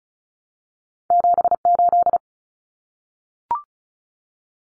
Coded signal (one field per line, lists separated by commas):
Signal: Morse code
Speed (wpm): 34 wpm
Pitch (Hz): 700 Hz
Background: none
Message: 78